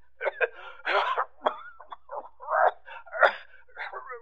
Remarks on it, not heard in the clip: I heard him cough. He got out of a sick bed to come here this evening, you know. He was gassed in the First World War. That's the bad cough he's got.